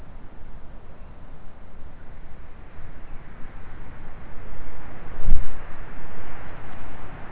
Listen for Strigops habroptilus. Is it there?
no